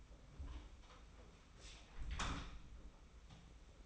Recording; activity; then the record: daily activity, microphone in the room; close door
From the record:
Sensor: 1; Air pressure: 991.6 hPa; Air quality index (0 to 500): 125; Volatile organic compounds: 283 ppm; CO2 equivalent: 4444 ppm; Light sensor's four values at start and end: 33/109/42/43 and 33/109/42/44